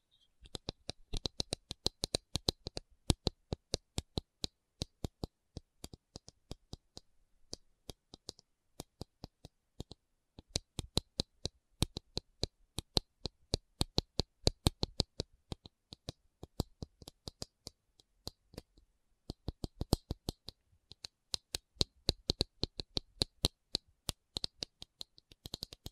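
A tapping session with no talking: sharp, crisp taps come in quick bursts and runs, sometimes fast and dense, sometimes sparser. Brief pauses break the sequence, notably around the eighth and nineteenth seconds. Between taps there is near silence, with a faint bright hiss.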